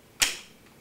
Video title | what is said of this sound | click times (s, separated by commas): Shark EvoLine Modular Helmet Review from SportbikeTrackGear.com | it a push like that to get it to lock in you'll hear it lock and then of course always double-check it | 0.2 s